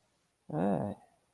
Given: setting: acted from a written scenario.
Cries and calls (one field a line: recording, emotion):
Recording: vocal sound without words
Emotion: neutral